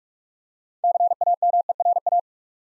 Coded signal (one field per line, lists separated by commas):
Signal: Morse code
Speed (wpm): 44 wpm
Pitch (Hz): 700 Hz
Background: none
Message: CAMERA